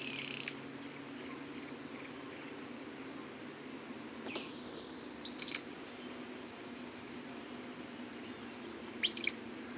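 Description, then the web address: Tufted tit-tyrant giving short, very high, thin call notes about every four seconds, three in all, over quiet hiss. Recorded in Ecuador, South America. "Birds of Ecuador 2. Tufted Tit-Tyrant"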